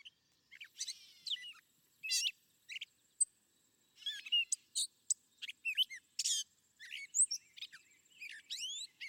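Gray catbird song: a rapid jumble of varied squeaky, chattering and slurred notes, high-pitched, delivered in short bursts with brief pauses between them.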